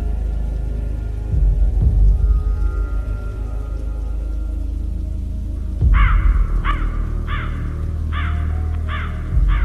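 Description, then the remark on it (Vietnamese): A crow caws about six times in a steady, harsh rhythm, then flies away, over steady rain and wind and a low rumbling backdrop, after several seconds of rain alone. “Cú mổ đau làm cho chỗ thịt trào máu, con quạ kêu lên những tiếng lạnh lùng, quả quả, rồi tung cánh bay đi.”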